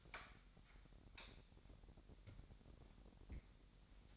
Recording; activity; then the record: daily activity, microphone in the room; light on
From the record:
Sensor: 3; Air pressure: 1011.9 hPa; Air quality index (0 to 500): 232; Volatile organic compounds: 5 ppm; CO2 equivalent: 1720 ppm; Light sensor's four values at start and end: 13/31/13/13 and 16/40/17/17